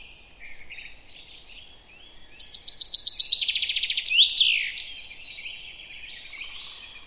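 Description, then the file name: Common chaffinch song: a rapid series of repeated notes descending in pitch, ending in a sharp flourish, with other birds' thin chirps before and after. "Fringilla coelebs"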